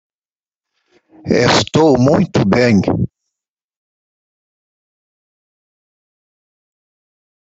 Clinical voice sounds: spoken sentence; Brazilian Portuguese; male; 50 to 59 years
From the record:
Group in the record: control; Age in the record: 53 years

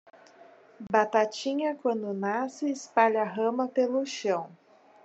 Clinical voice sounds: short text; Brazilian Portuguese; female; 20 to 29 years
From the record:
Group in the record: control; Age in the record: 26 years

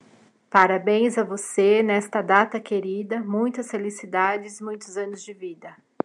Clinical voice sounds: short text; Brazilian Portuguese; female; 50 to 59 years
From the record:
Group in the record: control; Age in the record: 53 years

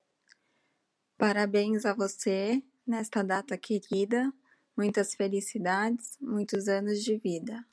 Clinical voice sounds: short text; Brazilian Portuguese; female; 30 to 39 years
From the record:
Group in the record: control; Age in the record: 38 years

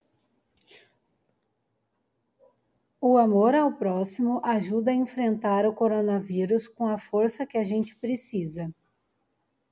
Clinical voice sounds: spoken sentence; Brazilian Portuguese; female; 40 to 49 years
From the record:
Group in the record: control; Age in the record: 42 years

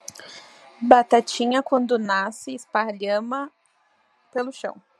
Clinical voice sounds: short text; Brazilian Portuguese; female; 20 to 29 years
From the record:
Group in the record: control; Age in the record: 24 years

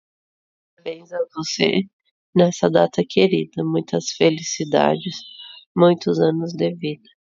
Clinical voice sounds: short text; Brazilian Portuguese; female; 30 to 39 years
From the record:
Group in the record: control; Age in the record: 30 years

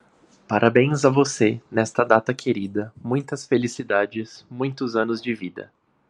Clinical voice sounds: short text; Brazilian Portuguese; male; 20 to 29 years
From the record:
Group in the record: control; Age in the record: 28 years

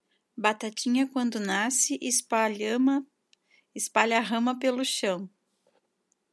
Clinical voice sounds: short text; Brazilian Portuguese; female; 40 to 49 years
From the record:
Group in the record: control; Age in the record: 42 years

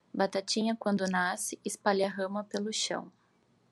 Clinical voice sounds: short text; Brazilian Portuguese; female; 30 to 39 years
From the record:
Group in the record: control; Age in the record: 31 years

